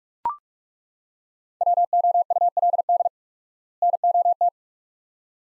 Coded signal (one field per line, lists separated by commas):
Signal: Morse code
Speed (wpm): 43 wpm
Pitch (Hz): 700 Hz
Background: none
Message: WOULD NOT